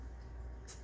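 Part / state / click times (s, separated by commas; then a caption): door skin panel clip into car door frame / not seated / none. A rear door skin panel on a 2004 Saturn VUE is being worked down along the car door frame toward its clip, over a steady low rumble with a brief hissy burst near 0.7 seconds. Nothing has seated or clicked yet.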